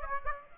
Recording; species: mosquito wingbeat signal from an infrared sensor; Aedes aegypti